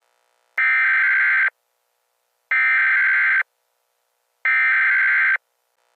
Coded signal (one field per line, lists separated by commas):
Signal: Emergency Alert System (SAME) tones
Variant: header bursts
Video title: KIG-86 RWT (EAS 117)